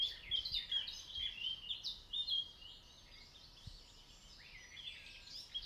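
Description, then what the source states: Birds chirping and twittering, several high thin phrases overlapping in a busy chorus, with soft low background noise throughout. Morning.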